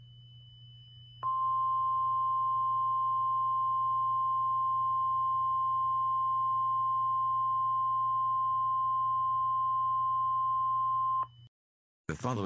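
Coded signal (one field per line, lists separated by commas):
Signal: Emergency Alert System (SAME) tones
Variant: 1050 Hz attention tone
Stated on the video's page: Fictional EAS scenario, a simulated alert made as a meme-inspired story.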